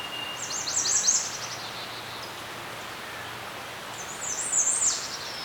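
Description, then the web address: Birds chirping: two bright, rapid twittering bursts, one early and one near the end, separated by a quieter stretch of steady background hiss. Birds chirping in a serene forest. "Dr Sound Effects. Birds Chirping In a Serene Forest"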